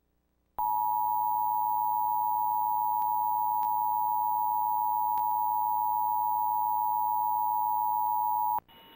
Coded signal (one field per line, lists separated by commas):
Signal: Emergency Alert System (SAME) tones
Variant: 853 and 960 Hz attention tone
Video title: Xfinity EAS Test - June 5, 2019 | Minnesota (VHS)